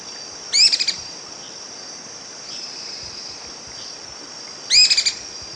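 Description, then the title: Bird calls: two short bursts of high, arched notes each ending in a quick rattle of pulses, about four seconds apart, over a steady high insect-like hum. "LuckyPassaro Completos2Sama"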